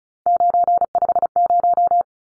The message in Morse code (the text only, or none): 950